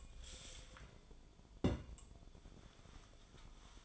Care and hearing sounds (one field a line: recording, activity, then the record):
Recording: daily activity, microphone in the room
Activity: take from stove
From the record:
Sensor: 5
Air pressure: 1010.0 hPa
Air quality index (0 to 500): 151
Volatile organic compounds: 3 ppm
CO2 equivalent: 1474 ppm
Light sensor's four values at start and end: 251/609/260/286 and 250/605/259/287